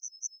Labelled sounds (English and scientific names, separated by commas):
Yellowhammer (Emberiza citrinella) song